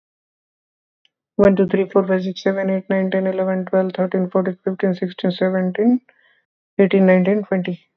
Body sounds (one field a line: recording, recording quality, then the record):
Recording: counting at a fast pace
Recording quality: excellent, no background noise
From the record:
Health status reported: healthy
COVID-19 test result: not tested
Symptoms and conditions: fatigue, muscle pain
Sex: male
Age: 37 years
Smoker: not ticked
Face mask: not worn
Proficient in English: yes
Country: India